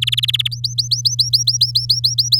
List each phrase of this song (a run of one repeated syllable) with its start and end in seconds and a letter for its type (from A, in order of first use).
0.02-0.48 A, 0.51-2.39 B